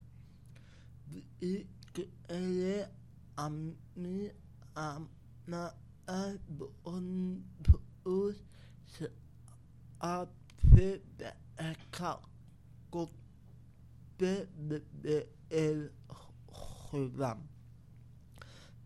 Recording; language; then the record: elicited speech; Bengali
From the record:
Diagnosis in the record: Broca's or global aphasia after a stroke